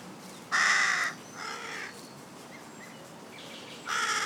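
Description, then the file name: Carrion crow cawing harshly, a loud grating caw followed by a softer one, then a pause with faint chirps before another hoarse caw begins. "Corvus corone"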